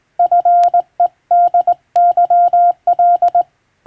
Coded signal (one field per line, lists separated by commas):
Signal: Morse code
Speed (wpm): 20 wpm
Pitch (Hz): 700 Hz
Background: none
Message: FEDYL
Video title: 電鍵を駆使してモールス符号を打つ無線通信士という仕事が昭和にはありました。国家試験でモールスを打つ実技試験もありましたよ。懐かしいモールス信号を聴いてみませんか？morse code practice